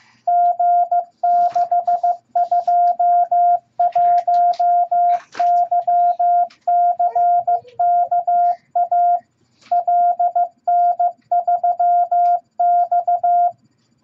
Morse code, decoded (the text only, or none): G621YCKA LN3X